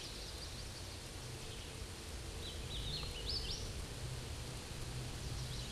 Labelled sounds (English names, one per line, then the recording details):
Hooded Warbler song
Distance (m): 45 m
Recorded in a Pennsylvania forest on 18 May 2023 at 10:57
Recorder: AudioMoth, point grid1_34_low
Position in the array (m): 236 m, 148 m